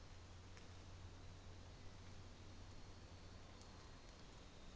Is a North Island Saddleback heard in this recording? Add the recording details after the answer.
no. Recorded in New Zealand on 24 December 2018. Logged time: 11:00